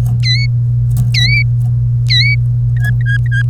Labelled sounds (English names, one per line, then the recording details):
Domestic Canary song
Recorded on 1 May 2018 at 14:41
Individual llb3